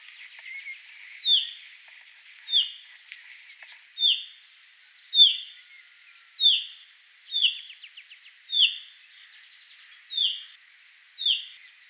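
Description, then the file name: Common chaffinch calling steadily: one short, sharp, high note repeated about every second, with faint twittering behind. "Fringilla coelebs"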